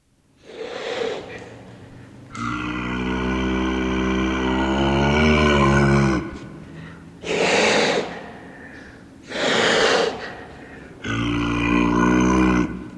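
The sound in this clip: Clouded leopard calling, a breathy huff, then a sustained low moan, two forceful breathy huffs, and another shorter moan.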